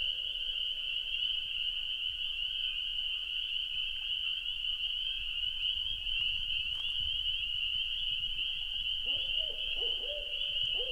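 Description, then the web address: Owl calls in a short cluster of bending hoots near the end, following faint notes, with an unbroken high drone throughout. Recorded at night at a lake in Wisconsin in 2019. "Wisconsin 2019 Owl Night Lake III"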